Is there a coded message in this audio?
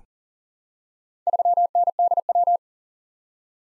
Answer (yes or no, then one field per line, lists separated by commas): yes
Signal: Morse code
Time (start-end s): 1.3-2.6 s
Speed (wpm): 41 wpm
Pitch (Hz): 700 Hz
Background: none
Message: 3NDW